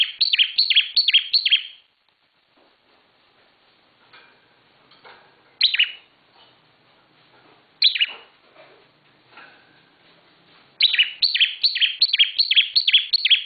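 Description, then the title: Bar-winged prinia song: rapid series of sharp, downslurred high notes in bursts, repeated about three per second, separated by quieter gaps with faint scattered chirps. Intended for training cage birds. "Suara Ciblek Semi"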